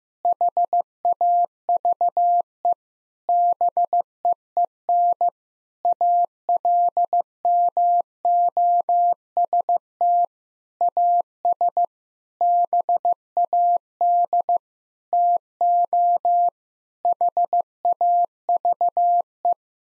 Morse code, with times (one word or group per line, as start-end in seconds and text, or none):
0.2-2.7 HAVE
3.3-5.3 BEEN
5.8-10.2 ALMOST
10.8-11.8 AS
12.4-14.6 BAD
15.1-16.5 TO
17.0-19.5 HAVE